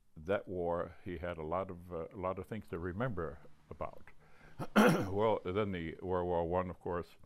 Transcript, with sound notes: that war, he had a lot of — a lot of things to remember about. [clears throat] Well, then the World War I, of course,